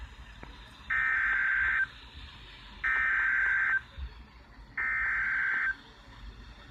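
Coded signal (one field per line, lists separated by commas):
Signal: Emergency Alert System (SAME) tones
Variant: header bursts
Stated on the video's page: NOAA Weather Radio WNG685 EAS tones for a double-header Severe Thunderstorm Watch.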